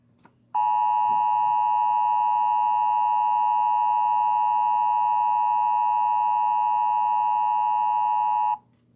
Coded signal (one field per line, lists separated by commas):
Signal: Emergency Alert System (SAME) tones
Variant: 853 and 960 Hz attention tone